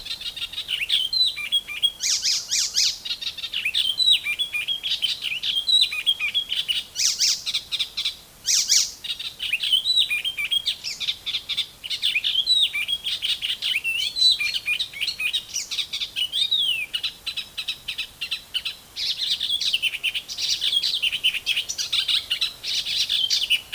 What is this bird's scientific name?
Hippolais icterina